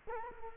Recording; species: mosquito wingbeat signal from an infrared sensor; Culex quinquefasciatus